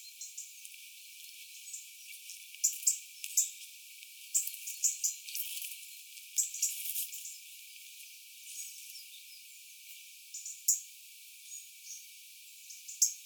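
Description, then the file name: European robin ticking calls, sharp high clicks scattered irregularly throughout, some in quick pairs, with faint thin high notes between them. "Erithacus rubecula"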